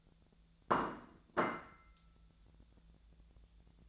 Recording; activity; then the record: daily activity, microphone in the room; place plate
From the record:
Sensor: 3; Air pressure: 1000.2 hPa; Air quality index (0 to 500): 139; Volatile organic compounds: 2 ppm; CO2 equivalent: 1238 ppm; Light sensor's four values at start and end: 34/86/36/39 and 35/88/37/40